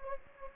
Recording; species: mosquito wingbeat signal from an infrared sensor; Anopheles gambiae